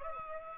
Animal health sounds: mosquito wingbeat signal from an infrared sensor; Aedes aegypti

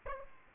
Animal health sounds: mosquito wingbeat signal from an infrared sensor; Aedes aegypti

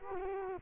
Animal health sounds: mosquito wingbeat signal from an infrared sensor; Culex quinquefasciatus

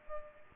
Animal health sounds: mosquito wingbeat signal from an infrared sensor; Culex pipiens

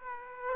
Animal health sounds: mosquito wingbeat signal from an infrared sensor; Aedes aegypti

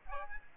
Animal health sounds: mosquito wingbeat signal from an infrared sensor; Aedes aegypti

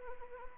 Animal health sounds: mosquito wingbeat signal from an infrared sensor; Anopheles arabiensis

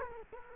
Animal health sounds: mosquito wingbeat signal from an infrared sensor; Culex quinquefasciatus

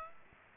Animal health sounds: mosquito wingbeat signal from an infrared sensor; Aedes aegypti

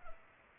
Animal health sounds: mosquito wingbeat signal from an infrared sensor; Culex pipiens

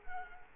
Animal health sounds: mosquito wingbeat signal from an infrared sensor; Culex quinquefasciatus

